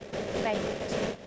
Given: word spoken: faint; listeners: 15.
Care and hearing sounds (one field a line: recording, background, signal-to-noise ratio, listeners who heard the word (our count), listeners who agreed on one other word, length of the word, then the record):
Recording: one English word in noise, from a listening test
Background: noise modulated by three-talker babble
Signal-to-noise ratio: -5.3 dB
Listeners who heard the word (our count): 1 of 15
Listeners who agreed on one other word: 7 of 15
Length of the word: 0.87 s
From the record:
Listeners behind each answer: 7, 2, 1, 1, 1, 1, 1, 1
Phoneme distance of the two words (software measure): 20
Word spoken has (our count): 1 syllable, 4 phonemes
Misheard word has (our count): 1 syllable, 4 phonemes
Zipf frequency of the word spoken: 3.75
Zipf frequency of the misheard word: 3.95